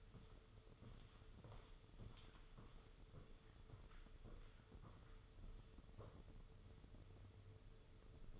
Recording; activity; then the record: daily activity, microphone in the room; walk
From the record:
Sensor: 4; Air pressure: 995.2 hPa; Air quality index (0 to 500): 206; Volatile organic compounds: 187 ppm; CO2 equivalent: 4168 ppm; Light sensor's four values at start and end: 12/30/11/13 and 12/30/11/13